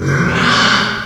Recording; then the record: squeal of a Yucatan mini pig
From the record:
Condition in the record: after surgery on the right vocal fold (resection and tissue-engineered implant); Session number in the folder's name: 15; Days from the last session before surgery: 175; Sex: female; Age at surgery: 19 weeks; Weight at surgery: 25 kg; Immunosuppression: prednisolone